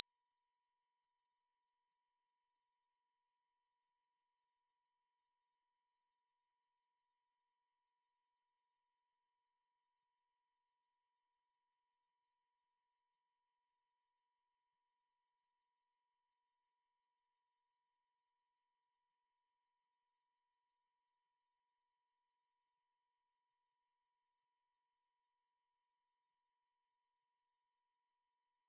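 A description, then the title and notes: A pure sine tone at 5981 Hz holds perfectly steady for the whole stretch, a single thin, bright whistle with no wavering in pitch. Its loudness stays constant from start to finish, with silence and no other sounds beneath it. 5981 Hz 1 Hz Interval Sine Pure Tone Frequency 441000 Sample Mono.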